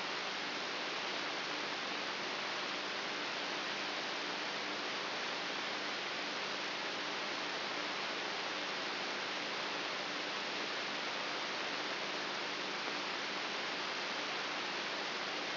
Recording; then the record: brain microelectrode recording played as sound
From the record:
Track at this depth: inside the subthalamic nucleus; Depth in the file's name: 3.64 mm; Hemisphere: right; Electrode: 3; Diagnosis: Parkinson's disease